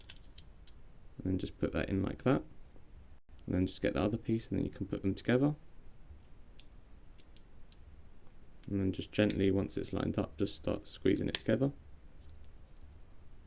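A plastic half of a Nissan key fob shell is picked up and lined up with the other half, which holds a CR2032 battery, before the two are squeezed together. Someone talks throughout, with only small handling ticks between phrases. Nothing has seated or clicked yet.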